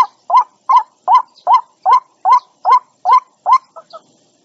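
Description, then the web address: White-breasted waterhen giving a regular series of about ten rising croaks, spaced roughly every 0.4 seconds, ending with two softer notes. Lure call used for attracting and trapping birds. "tieng quoc keu moi chuan goi bay"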